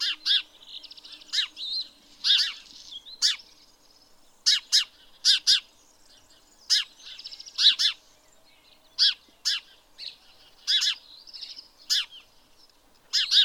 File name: Passer domesticus